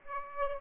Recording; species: mosquito wingbeat signal from an infrared sensor; Aedes aegypti